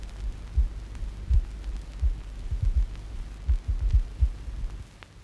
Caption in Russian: Сердцебиение плода. При начавшейся внутриутробной асфиксии плода.